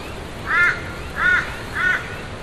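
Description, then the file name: A crow gives three harsh, evenly spaced caws, one after another, over a steady windy rush. Heard from inside a tent, with wind blowing against it. "zapsplat foley tent inside ambience wind blow against birds crows"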